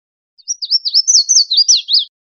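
Red-faced warbler song: a quick, high run of wavy, slurred notes that rise and fall, lasting under two seconds, with no other sounds.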